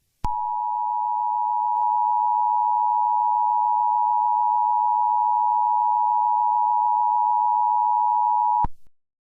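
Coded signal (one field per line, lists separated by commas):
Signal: Emergency Alert System (SAME) tones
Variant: 853 and 960 Hz attention tone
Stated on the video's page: Fictional EAS scenario, a made-up simulated alert.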